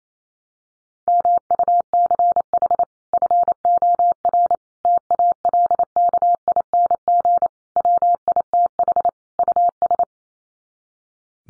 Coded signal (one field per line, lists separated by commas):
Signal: Morse code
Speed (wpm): 28 wpm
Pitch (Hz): 700 Hz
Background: none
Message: MUCH FOR TALKING WITH US